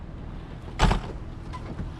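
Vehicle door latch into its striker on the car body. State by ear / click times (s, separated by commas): not seated / none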